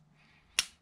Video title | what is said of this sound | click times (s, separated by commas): Abu 6500 C3 Reel drag washer replacement | like that until it snaps | 0.6 s